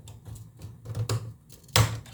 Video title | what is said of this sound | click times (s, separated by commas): Se 612b rebuild part 2 | like so. And then down. And it just pops in. | 1.8 s